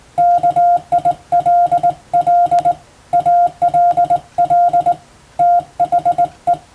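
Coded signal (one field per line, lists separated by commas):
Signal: Morse code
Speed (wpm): 21 wpm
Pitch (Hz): 700 Hz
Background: none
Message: KILL ALL THE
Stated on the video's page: Morse practice sent for training toward the Japanese radiotelegraph operator exam's telegraphy test, using Western-language telegram practice texts; also suited to amateur receiving practice.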